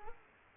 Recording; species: mosquito wingbeat signal from an infrared sensor; Aedes aegypti